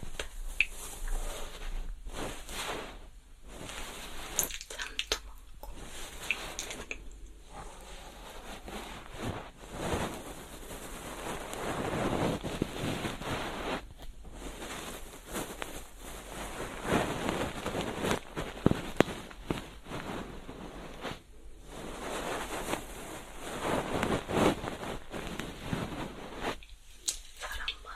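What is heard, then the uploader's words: Ear cleaning with a soft feather pick: dense, swishy rustling and scratchy brushing that swells and fades in long strokes, loudest around 12 and 25 seconds. Short breaks of near quiet fall every few seconds, and a faint steady high hiss runs underneath. Ear cleaning. 3DIO 마이크를 이용한 귀청소!! 앞에는 속닥속닥 수다 많이떨구 뒤에는 점점 말이 줄어갑니다! Feather pick (솜털귀이개).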